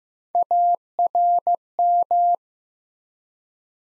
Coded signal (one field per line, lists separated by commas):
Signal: Morse code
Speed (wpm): 15 wpm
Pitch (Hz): 700 Hz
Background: none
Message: ARM